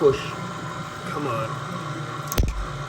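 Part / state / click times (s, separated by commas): AC refrigerant line into plastic snap-clip fitting on condenser / seated / 2.3 s, 2.4 s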